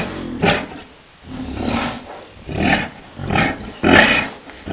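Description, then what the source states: Yak uttering repeated harsh, breathy grunts. Bull yak.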